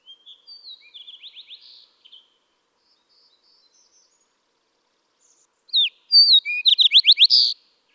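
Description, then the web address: Fox Sparrow song: a quieter phrase of trilled notes early, silence, then a loud full phrase of clear whistles and fast rising slurs ending in a buzzy note. "birdsongforthecurious songs Fox Sparrow"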